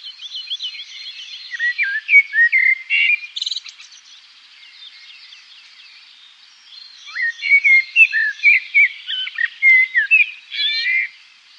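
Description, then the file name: Common blackbird singing fluted warbling phrases, some ending in a higher squeaky twitter, with a pause between two phrases and other birds faintly behind. "merle noir"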